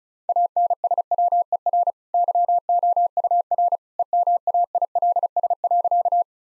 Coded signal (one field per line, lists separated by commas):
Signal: Morse code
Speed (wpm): 34 wpm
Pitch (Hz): 700 Hz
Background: none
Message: ANSWER YOUR EMAILS.